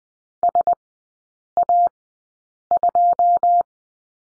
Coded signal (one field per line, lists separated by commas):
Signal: Morse code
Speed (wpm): 20 wpm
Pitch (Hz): 700 Hz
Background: none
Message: SA2